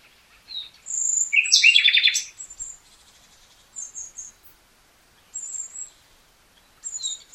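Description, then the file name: Common nightingale song: a rich, loud phrase of fast repeated chirps and whistles, followed by quieter high separate notes. "Luscinia megarhynchos"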